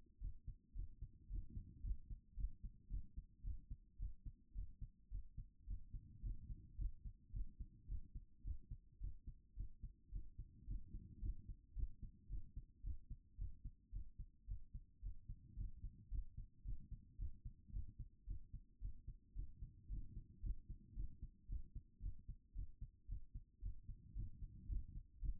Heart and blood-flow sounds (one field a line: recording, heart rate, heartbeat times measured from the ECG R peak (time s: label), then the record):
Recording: heart sounds by stethoscope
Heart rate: 111 bpm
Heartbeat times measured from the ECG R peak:
0.20 s: heartbeat
0.75 s: heartbeat
1.29 s: heartbeat
1.83 s: heartbeat
2.36 s: heartbeat
2.90 s: heartbeat
3.43 s: heartbeat
3.99 s: heartbeat
4.54 s: heartbeat
5.11 s: heartbeat
5.67 s: heartbeat
6.22 s: heartbeat
6.77 s: heartbeat
7.33 s: heartbeat
7.88 s: heartbeat
8.44 s: heartbeat
9.00 s: heartbeat
9.56 s: heartbeat
10.12 s: heartbeat
10.67 s: heartbeat
11.21 s: heartbeat
11.75 s: heartbeat
12.29 s: heartbeat
12.83 s: heartbeat
13.38 s: heartbeat
13.92 s: heartbeat
14.47 s: heartbeat
15.02 s: heartbeat
15.56 s: heartbeat
16.11 s: heartbeat
16.64 s: heartbeat
17.18 s: heartbeat
17.72 s: heartbeat
18.27 s: heartbeat
18.81 s: heartbeat
19.35 s: heartbeat
19.89 s: heartbeat
20.42 s: heartbeat
20.95 s: heartbeat
21.48 s: heartbeat
22.02 s: heartbeat
22.55 s: heartbeat
23.08 s: heartbeat
23.62 s: heartbeat
24.15 s: heartbeat
24.68 s: heartbeat
25.21 s: heartbeat
From the record:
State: after exercise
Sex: female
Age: 36 years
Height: 178 cm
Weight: 74 kg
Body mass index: 23.36